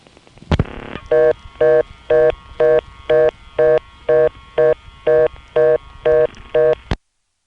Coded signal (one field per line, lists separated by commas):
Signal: telephone call progress tone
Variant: North America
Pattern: reorder tone